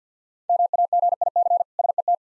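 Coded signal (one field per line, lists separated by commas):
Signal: Morse code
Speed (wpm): 52 wpm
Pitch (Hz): 700 Hz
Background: none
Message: MAGIC SET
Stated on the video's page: Practice set of difficult words with contextual hints, sent at 50 wpm for copying practice.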